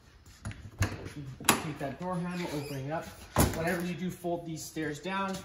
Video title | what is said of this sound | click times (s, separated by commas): 2022 HEARTLAND PIONEER 210RD | fold it 90 degrees, it's going to lock into place. | 0.8 s